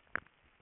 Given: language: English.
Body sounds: throat vibration sensor signal played as sound; swallow

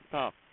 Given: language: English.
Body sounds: throat vibration sensor signal played as sound; speech

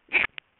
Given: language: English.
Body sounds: throat vibration sensor signal played as sound; swallow

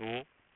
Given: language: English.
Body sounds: throat vibration sensor signal played as sound; speech

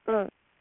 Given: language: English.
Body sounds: throat vibration sensor signal played as sound; speech

